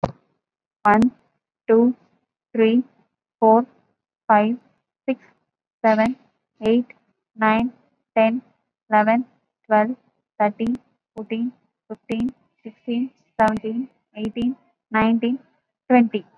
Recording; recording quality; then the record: counting at a normal pace; excellent, no background noise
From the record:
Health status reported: COVID-19 positive, moderate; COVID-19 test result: positive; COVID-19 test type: RT-PCR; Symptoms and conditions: cough, cold, another condition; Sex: female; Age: 32 years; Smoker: no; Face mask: worn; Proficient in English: yes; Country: India